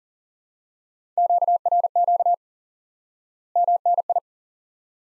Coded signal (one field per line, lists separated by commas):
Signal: Morse code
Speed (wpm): 40 wpm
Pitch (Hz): 700 Hz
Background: none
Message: QRQ MNI